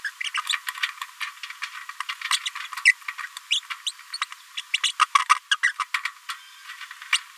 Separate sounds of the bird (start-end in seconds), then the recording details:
0.04-0.10, 0.34-0.41, 2.32-2.37, 2.85-2.91, 3.23-3.26, 3.50-3.60, 3.86-3.91, 4.13-4.18, 4.21-4.24, 4.57-4.59, 4.74-4.77, 4.83-4.92, 5.01-5.05, 5.51-5.56, 5.63-5.72, 5.80-5.85, 7.12-7.18. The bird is a female. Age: 29 days. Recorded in a nest box in Venezuela. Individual 17B73B2